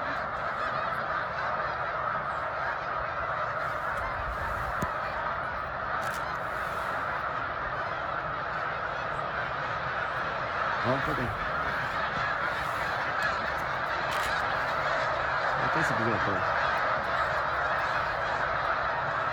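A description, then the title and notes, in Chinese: Thousands of snow geese honk at once in a dense, steady roar, with a few louder calls rising around eleven and sixteen seconds. 雪雁迁徙。成千上万只雪雁飞过来，像一支军队。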